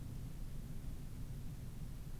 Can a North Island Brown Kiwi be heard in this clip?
no